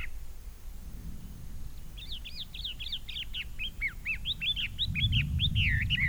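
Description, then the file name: Chinese hwamei song: after a quiet start, a rapid run of loud, looping whistled phrases, repeated several times a second, over low background rumble. Recorded at Dai Yun Shan, Fujian, China, on 9 May 2012. "Chinese Hwamei Song 120509-024 Fujian Dai Yun Shan"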